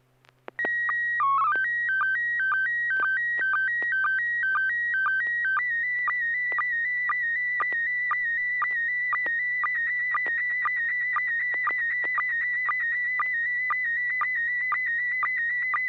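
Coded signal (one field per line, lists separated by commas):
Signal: SSTV (slow-scan television)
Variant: PD 120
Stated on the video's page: SSTV net on a 441.300 MHz FM repeater, sent with MMSSTV software.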